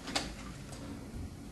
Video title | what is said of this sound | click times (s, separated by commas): Installing a Fluidmaster toilet fill valve...Part 3 | Click that one more. | 0.2 s